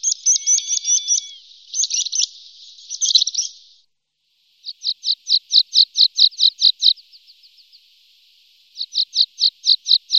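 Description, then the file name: Water pipit calls: a cluster of rapid high chirps and trills, a pause, then a quick series of sharp high notes, another short pause and a final run. "linduška-horská"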